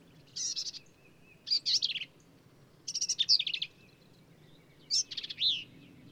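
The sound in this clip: Black-capped vireo song: four bursts of scratchy, warbled high phrases, each well under a second long, roughly one to two seconds apart.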